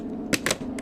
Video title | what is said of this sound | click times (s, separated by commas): Best value for money stick vacuum hands down. Unboxing the New Dyson V8 2024 Edition. | when you hear that click that Rel you seen that that releases and opens the bottom part | 0.3 s, 0.5 s